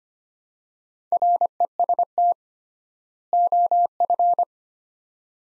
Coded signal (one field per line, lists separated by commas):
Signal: Morse code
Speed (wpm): 25 wpm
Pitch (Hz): 700 Hz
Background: none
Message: REST OF